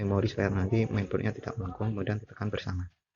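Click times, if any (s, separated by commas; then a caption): none. A RAM memory module is being handled into a motherboard DIMM slot, with both ends pushed together and the board supported from below so it does not bend. Someone talks throughout the clip, which falls silent at about 2.9 seconds. Nothing has seated or clicked yet.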